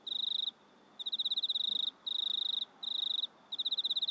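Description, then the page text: Cricket song: high, pulsed trills in bursts under a second long with short silent breaks, steady and rhythmic against a quiet night hiss. Crickets recorded at night in a country town in Australia, in stereo. "Insects Crickets Australian Night Loop Stereo. Sounds recorded at night in a country town"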